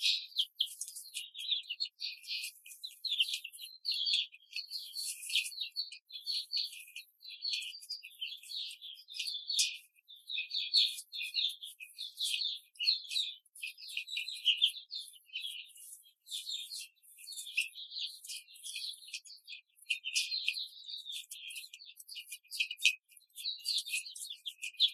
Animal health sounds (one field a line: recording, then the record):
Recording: young laying hens in a cage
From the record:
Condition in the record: control cage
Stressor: none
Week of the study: 5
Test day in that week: 1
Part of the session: 1